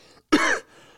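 A single abrupt, harsh throat clear lasts about a third of a second in a quiet room. It is a throat clear rather than a cough, triggered by phlegm dripping down into the throat. The phlegm comes up suddenly, out of nowhere, and has persisted for weeks.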